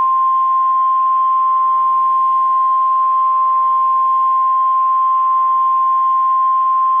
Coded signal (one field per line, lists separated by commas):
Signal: Emergency Alert System (SAME) tones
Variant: 1050 Hz attention tone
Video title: EAS Mock - Rivalries Run Deep